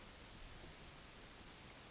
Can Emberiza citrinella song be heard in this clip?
no